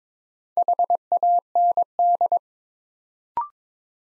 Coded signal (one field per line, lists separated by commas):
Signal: Morse code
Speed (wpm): 22 wpm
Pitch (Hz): 700 Hz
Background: none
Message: HAND